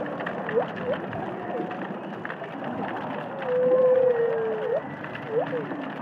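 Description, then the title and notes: Humpback whale song, scattered short chirping sweeps followed by one longer level moan near the middle, then more quick sweeps, over crackling noise. Underwater humpback whales singing and calling in the Indian Ocean. "Whale Song is a collection of underwater recordings of humpback whales singing and calling in the Indian Ocean."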